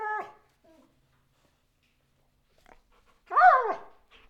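Dog whining: a short tonal whimper at the start, then after a pause a louder whine that rises and falls.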